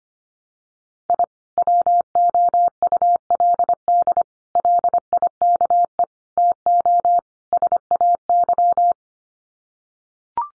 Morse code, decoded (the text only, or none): I WOULD LIKE TO SAY